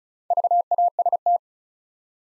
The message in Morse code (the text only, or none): VAST